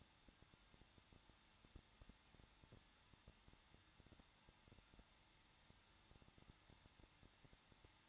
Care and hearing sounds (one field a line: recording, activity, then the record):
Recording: daily activity, microphone in the room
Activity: no activity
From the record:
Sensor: 3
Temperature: 21.2 degrees Celsius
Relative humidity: 36.5%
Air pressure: 1006.4 hPa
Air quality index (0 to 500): 224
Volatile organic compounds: 44 ppm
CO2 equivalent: 3216 ppm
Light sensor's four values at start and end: 2/3/2/2 and 2/3/2/2